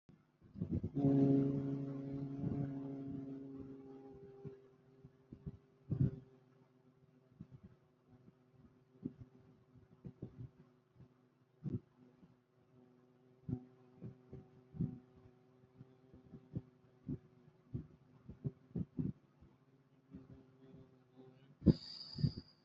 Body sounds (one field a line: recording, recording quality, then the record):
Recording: sustained vowel as in boot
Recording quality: moderate, slight background noise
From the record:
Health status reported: healthy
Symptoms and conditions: none ticked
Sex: male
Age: 25 years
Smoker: not ticked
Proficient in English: yes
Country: India